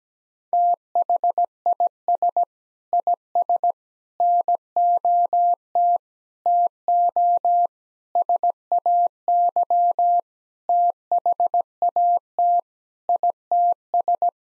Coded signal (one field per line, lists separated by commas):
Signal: Morse code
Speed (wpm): 17 wpm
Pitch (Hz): 700 Hz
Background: none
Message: THIS IS NOT TO SAY THAT ITS